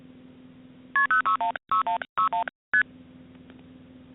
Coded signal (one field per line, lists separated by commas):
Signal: multi-frequency trunk signalling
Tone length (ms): 120 ms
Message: KP0616161 ST